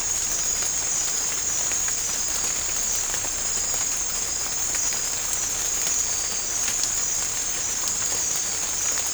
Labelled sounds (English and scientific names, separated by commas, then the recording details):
none
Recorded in pastures near Puerto Asís, Putumayo, Colombia, on 18 December 2024 at 00:30
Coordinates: 0.496, -76.326
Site G004